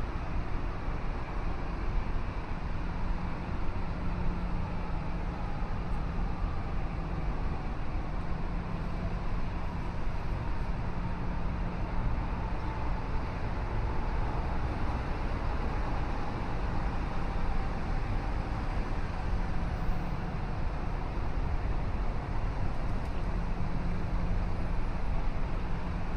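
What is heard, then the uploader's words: A city riverside at sunrise, filled with a steady, dense roar of traffic that barely changes in loudness. The sound is mostly low and rumbling, with a faint, slowly falling drone in the middle and occasional soft bumps underneath. River Walk at Sunrise, Binaural City Sounds. Morning walk in Downtown Chicago, Illinois during the morning sunrise. I'm visiting Chicago for a few weeks in Chicago and wanted to record this on a chill morning when the River Walk wouldn't be to overly crowded with people.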